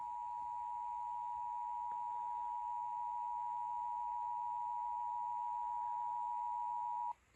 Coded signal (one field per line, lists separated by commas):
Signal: Emergency Alert System (SAME) tones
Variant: 853 and 960 Hz attention tone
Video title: OKLAHOMA TESTED TWICE... EAS Tests from June 2024 (EAS #4,471 - 4,532)